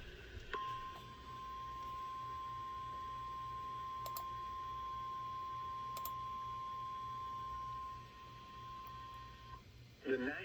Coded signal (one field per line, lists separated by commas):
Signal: Emergency Alert System (SAME) tones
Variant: 1050 Hz attention tone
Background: speech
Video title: MINNE- HAW- HAW! (L.S. EAS #98)